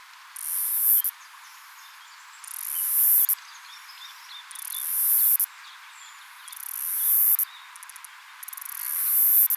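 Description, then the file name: Myopsalta umbra song: high, hissing buzzy phrases, each swelling louder then cutting off sharply, repeated about every two seconds, five phrases in all. Recorded at Yarraman. "Myopsalta umbra Yarraman"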